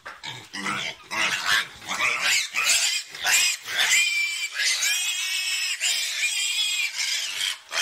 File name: Tieng heo keu